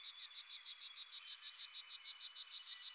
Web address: Locustella fluviatilis